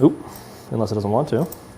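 A metal collet is handled at an angle against the collet nut of a CNC router spindle while someone talks over faint handling noise. Nothing has seated or clicked yet.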